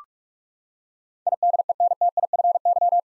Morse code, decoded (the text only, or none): IDENTIFY